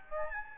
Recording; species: mosquito wingbeat signal from an infrared sensor; Aedes albopictus